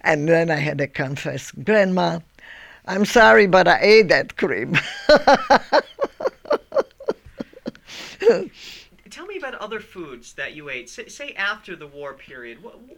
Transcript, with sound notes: Then I had to confess. "Grandma, I'm sorry but I ate that cream." (she laughs heartily)
Tell me about other foods that you ate. Say after the war period, what,